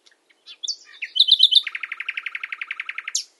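Common nightingale song: a few scattered high notes and a squeaky flourish, then a long, very fast series of identical throbbing notes, ending in a sharp upslurred note.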